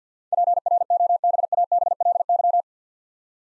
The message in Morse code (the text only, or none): PROBABLY